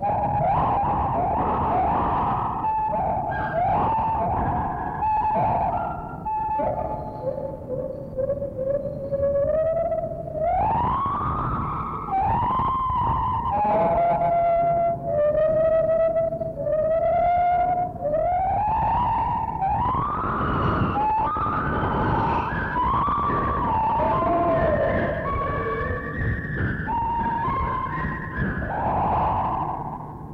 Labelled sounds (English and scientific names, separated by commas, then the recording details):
Lar Gibbon (Hylobates lar)
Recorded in captivity
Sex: pair
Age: adult
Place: Zoo Berlin, Berlin, DE
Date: 1960-10-08 12:00
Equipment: Minifon, Kopie Smaragd
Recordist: Tembrock, Günter